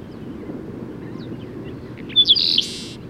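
Bird song: a single quick chirping, trilled burst near the end, preceded by faint scattered chirps over a low rumbling background.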